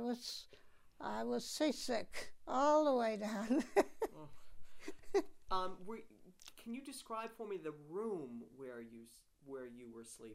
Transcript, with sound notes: I was, I was seasick all the way down. ( she laughs )
Can you describe for me the room where you, where you were sleeping?